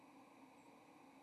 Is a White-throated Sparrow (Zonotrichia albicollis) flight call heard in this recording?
no